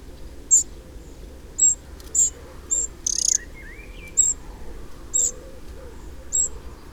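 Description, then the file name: Eurasian wren giving sharp, very high ticking call notes, several at uneven intervals. "Troglodytes troglodytes"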